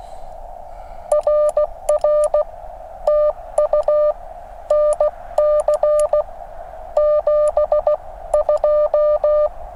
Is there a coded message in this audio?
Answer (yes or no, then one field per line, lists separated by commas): yes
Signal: Morse code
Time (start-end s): 1.1-9.5 s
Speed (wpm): 16 wpm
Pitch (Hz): 600 Hz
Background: none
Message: RR TU NC 72